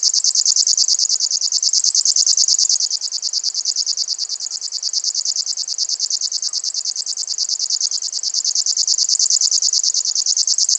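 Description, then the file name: River warbler song: a continuous insect-like zizzing of fast, regular pulses, slightly softer in the middle stretch before returning to full strength. "sverchok rechnojj"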